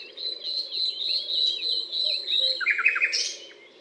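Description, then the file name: Common nightingale song opens with a sustained, wavering high whistle, then breaks into a harsh, rapid flurry of notes; a low background hum runs throughout. Butte calcaire de Gratacap, France; 19 May 2012. "120519 rossignol-philomele-Butte-calcaire-de-Gratacap-F"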